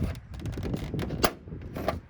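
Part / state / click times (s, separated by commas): plastic clip or connector going into a TV chassis / seated / 1.2 s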